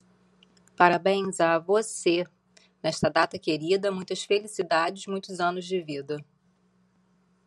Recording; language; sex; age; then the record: short text; Brazilian Portuguese; female; 40 to 49 years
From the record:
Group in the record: control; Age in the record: 41 years